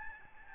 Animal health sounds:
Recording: mosquito wingbeat signal from an infrared sensor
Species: Aedes albopictus

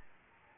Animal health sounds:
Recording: mosquito wingbeat signal from an infrared sensor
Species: Aedes albopictus

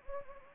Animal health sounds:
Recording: mosquito wingbeat signal from an infrared sensor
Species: Anopheles gambiae

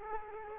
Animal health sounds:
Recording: mosquito wingbeat signal from an infrared sensor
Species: Culex quinquefasciatus

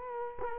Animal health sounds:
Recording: mosquito wingbeat signal from an infrared sensor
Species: Culex quinquefasciatus

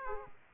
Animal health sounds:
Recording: mosquito wingbeat signal from an infrared sensor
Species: Aedes aegypti

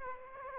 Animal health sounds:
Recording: mosquito wingbeat signal from an infrared sensor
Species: Aedes aegypti

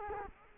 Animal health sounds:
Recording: mosquito wingbeat signal from an infrared sensor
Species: Culex quinquefasciatus

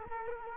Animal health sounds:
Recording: mosquito wingbeat signal from an infrared sensor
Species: Culex quinquefasciatus

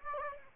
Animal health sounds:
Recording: mosquito wingbeat signal from an infrared sensor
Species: Aedes aegypti

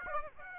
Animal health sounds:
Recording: mosquito wingbeat signal from an infrared sensor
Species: Aedes aegypti

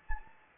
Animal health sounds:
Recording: mosquito wingbeat signal from an infrared sensor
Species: Anopheles gambiae

